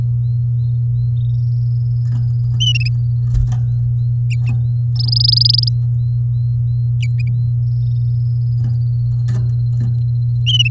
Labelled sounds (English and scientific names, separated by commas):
Domestic Canary (Serinus canaria) song